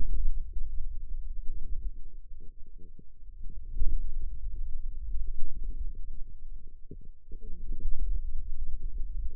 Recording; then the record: forearm muscle sounds (acoustic myography)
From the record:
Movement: hand closing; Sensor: system 2, bracelet of six BSWA MPA416 microphones around the upper forearm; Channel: 2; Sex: female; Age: 21 years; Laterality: right